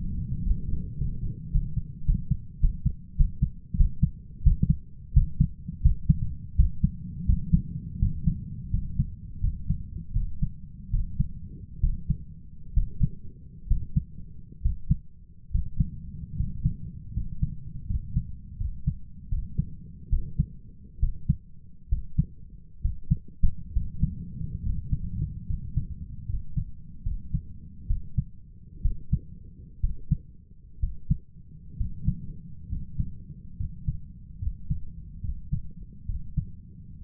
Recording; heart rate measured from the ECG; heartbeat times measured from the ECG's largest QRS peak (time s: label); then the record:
heart sounds by stethoscope; 75 bpm
0.43 s: heartbeat
0.97 s: heartbeat
1.51 s: heartbeat
2.05 s: heartbeat
2.60 s: heartbeat
3.16 s: heartbeat
3.76 s: heartbeat
4.42 s: heartbeat
5.13 s: heartbeat
5.81 s: heartbeat
6.55 s: heartbeat
7.25 s: heartbeat
7.98 s: heartbeat
8.70 s: heartbeat
9.40 s: heartbeat
10.12 s: heartbeat
10.90 s: heartbeat
11.80 s: heartbeat
12.73 s: heartbeat
13.67 s: heartbeat
14.61 s: heartbeat
15.50 s: heartbeat
16.36 s: heartbeat
17.13 s: heartbeat
17.86 s: heartbeat
18.57 s: heartbeat
19.28 s: heartbeat
20.09 s: heartbeat
20.99 s: heartbeat
21.88 s: heartbeat
22.81 s: heartbeat
23.72 s: heartbeat
24.62 s: heartbeat
25.46 s: heartbeat
26.25 s: heartbeat
27.02 s: heartbeat
27.86 s: heartbeat
28.81 s: heartbeat
29.80 s: heartbeat
30.79 s: heartbeat
31.76 s: heartbeat
32.68 s: heartbeat
33.56 s: heartbeat
34.38 s: heartbeat
35.20 s: heartbeat
36.05 s: heartbeat
37.01 s: heartbeat
From the record:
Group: healthy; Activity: rest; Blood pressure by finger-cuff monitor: 100/70 mmHg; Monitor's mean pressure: 79 mmHg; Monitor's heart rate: 71 bpm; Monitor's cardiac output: 6.2 L/min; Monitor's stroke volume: 87 mL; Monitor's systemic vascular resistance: 930 dyn s/cm5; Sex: male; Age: 23 years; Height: 178 cm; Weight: 96.6 kg